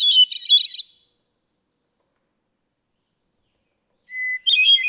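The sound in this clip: Hermit thrush song: the tail of one fluty phrase, a pause of several seconds, then a new phrase opening on a long pure whistled note.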